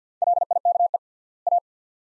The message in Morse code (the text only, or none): LIKE A